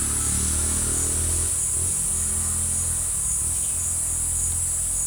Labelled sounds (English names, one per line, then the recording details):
none
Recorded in dense forest near Puerto Asís, Putumayo, Colombia, on 20 December 2024 at 13:30
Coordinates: 0.467, -76.328
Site GP05